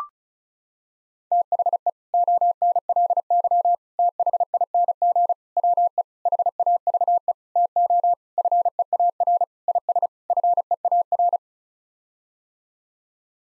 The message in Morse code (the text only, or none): THE ONLY THING WE HAVE TO FEAR IS FEAR